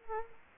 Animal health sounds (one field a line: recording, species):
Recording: mosquito wingbeat signal from an infrared sensor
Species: Anopheles gambiae